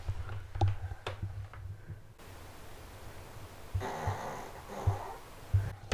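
Low, rumbling snorts and a longer noisy, fluttering breath sound come through faintly over a steady low hum. These are a dog's snores in the background of a room, with a few irregular breaths over about six seconds.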